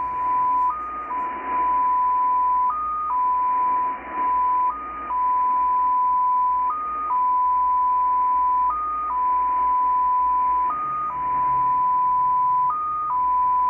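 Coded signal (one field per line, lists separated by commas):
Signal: numbers station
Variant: XPA2 polytone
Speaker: so not a lot of info once again uh this is short I've heard much longer messages so it seems that today there's nothing for the spies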